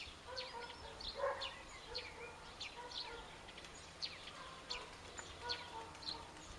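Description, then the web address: Birds calling, scattered short high chirps and twitters repeated throughout, with a lower, rougher call near the start over steady background noise. "cianscape birddata 2025 Bird Only Co Pa"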